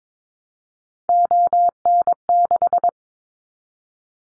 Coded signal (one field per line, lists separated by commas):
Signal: Morse code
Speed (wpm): 22 wpm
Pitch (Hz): 700 Hz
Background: none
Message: ON6